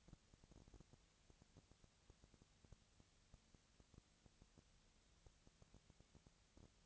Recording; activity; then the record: daily activity, microphone in the room; no activity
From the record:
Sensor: 3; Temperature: 20.4 degrees Celsius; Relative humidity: 34.4%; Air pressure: 996.8 hPa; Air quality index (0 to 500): 205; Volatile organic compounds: 68 ppm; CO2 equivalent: 3499 ppm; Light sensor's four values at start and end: 2/3/2/2 and 2/3/2/2